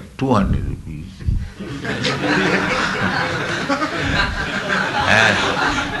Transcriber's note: laughter